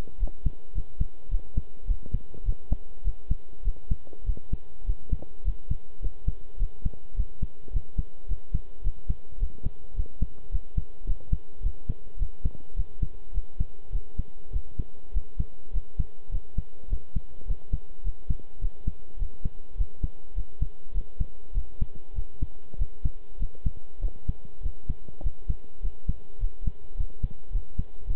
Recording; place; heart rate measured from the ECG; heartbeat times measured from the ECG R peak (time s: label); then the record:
heart sounds by stethoscope; between the tricuspid and mitral areas; 103 bpm
0.19 s: heartbeat
0.74 s: heartbeat
1.30 s: heartbeat
1.87 s: heartbeat
2.45 s: heartbeat
3.04 s: heartbeat
3.64 s: heartbeat
4.26 s: heartbeat
4.86 s: heartbeat
5.44 s: heartbeat
6.01 s: heartbeat
6.59 s: heartbeat
7.16 s: heartbeat
7.72 s: heartbeat
8.28 s: heartbeat
8.83 s: heartbeat
9.39 s: heartbeat
9.95 s: heartbeat
10.51 s: heartbeat
11.06 s: heartbeat
11.62 s: heartbeat
12.18 s: heartbeat
12.76 s: heartbeat
13.33 s: heartbeat
13.92 s: heartbeat
14.52 s: heartbeat
15.13 s: heartbeat
15.73 s: heartbeat
16.31 s: heartbeat
16.89 s: heartbeat
17.47 s: heartbeat
18.04 s: heartbeat
18.61 s: heartbeat
19.18 s: heartbeat
19.77 s: heartbeat
20.35 s: heartbeat
20.93 s: heartbeat
21.54 s: heartbeat
22.15 s: heartbeat
22.78 s: heartbeat
23.39 s: heartbeat
24.01 s: heartbeat
24.62 s: heartbeat
25.23 s: heartbeat
25.82 s: heartbeat
26.40 s: heartbeat
26.96 s: heartbeat
27.52 s: heartbeat
28.06 s: heartbeat
From the record:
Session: pedaling a stationary bicycle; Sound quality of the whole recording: good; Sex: male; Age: 23 years